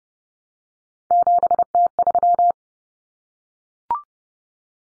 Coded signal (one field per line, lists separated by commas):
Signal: Morse code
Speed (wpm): 30 wpm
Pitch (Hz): 700 Hz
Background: none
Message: 7T3